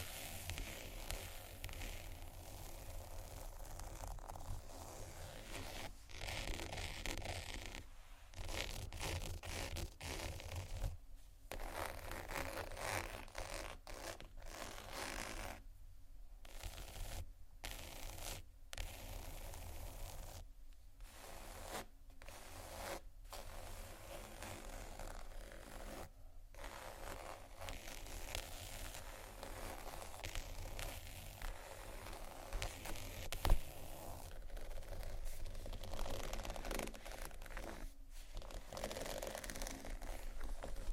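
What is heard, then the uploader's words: Textured bags are tapped and scratched in a continuous, dense rustling that fills the whole stretch. Brief silent gaps break it every few seconds, and a sharper tap stands out past the half-minute mark. A low steady hum runs underneath. ASMR TEXTURED BAGS TAP & SCRATCH (No Talking).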